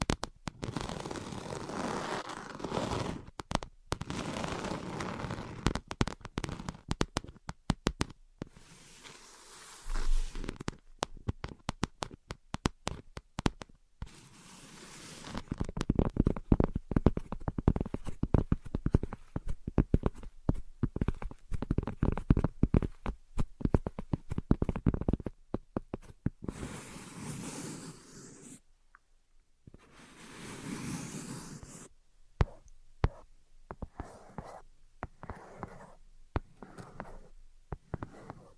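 Invisible tapping and scratching, with dense runs of quick taps and rough scraping strokes that come in uneven bursts. Busy, crisp stretches alternate with brief pauses, notably near 10, 15 and 28 seconds, and a faint low hum sits underneath throughout.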